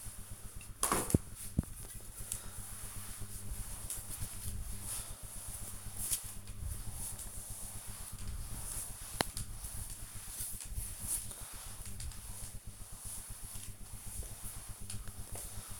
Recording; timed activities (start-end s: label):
household activities, microphone on the right wrist
0.00-15.80 s: floor cleaning